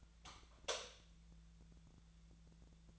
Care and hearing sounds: daily activity, microphone in the room; light off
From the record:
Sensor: 3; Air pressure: 1000.0 hPa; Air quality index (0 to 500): 124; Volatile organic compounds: 2 ppm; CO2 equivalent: 1107 ppm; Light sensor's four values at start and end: 39/103/43/47 and 37/94/40/44

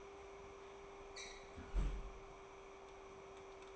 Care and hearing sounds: daily activity, microphone in the room; close fridge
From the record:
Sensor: 1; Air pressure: 1004.6 hPa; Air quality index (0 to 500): 193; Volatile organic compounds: 16 ppm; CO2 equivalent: 2560 ppm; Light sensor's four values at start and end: 5/11/4/4 and 5/11/4/4

